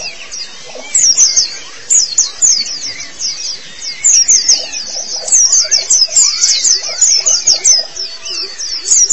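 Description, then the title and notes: White-eye song: energetic runs of very high, fast, slurred chirps, building into longer bright bursts, with soft lower notes in the background. Pleci (white-eye) chirping song. "Suara kicauan burung pleci"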